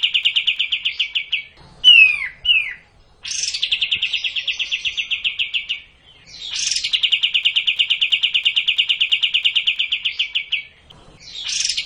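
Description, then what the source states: Cililin song: long bursts of rapid, evenly repeated chattering notes at one high pitch, broken by short swooping whistles and brief pauses. Kapas tembak song style.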